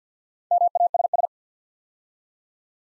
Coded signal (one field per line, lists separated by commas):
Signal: Morse code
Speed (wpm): 50 wpm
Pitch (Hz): 700 Hz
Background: none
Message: MASS